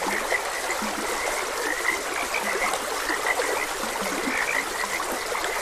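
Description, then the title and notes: Frogs call in a busy chorus of brief repeated croaks, some lower grunts scattered through, over a constant rush of stream water. Frogs croaking beside a gentle stream. "Gentle Stream and Frogs Croaking. Sleep and Relaxation Podcast"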